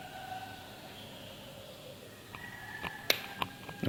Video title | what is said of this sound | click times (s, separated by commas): Cara Bongkar Reel Baitcasting -- ABU GARCIA BLACK MAX II | bagiannya sudah dia sudah terkunci atau hai Nia sudah | 3.1 s